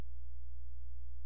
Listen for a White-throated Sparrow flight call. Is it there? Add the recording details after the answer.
no. No flight call is heard. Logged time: 00:03 on 16 September 2014